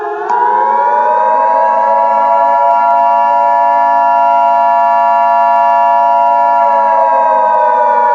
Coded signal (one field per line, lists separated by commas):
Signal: Emergency Alert System (SAME) tones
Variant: 853 and 960 Hz attention tone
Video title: EAS Scenario #1: The Chairs